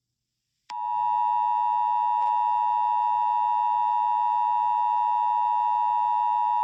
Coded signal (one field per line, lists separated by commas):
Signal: Emergency Alert System (SAME) tones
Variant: 853 and 960 Hz attention tone